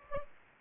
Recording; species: mosquito wingbeat signal from an infrared sensor; Aedes aegypti